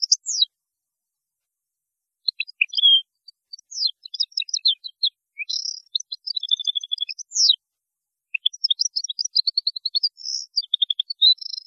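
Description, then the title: European goldfinch song, long run of high liquid twitters, slurred notes and short buzzy trills after a brief opening phrase and a pause. "Chant Chardonneret"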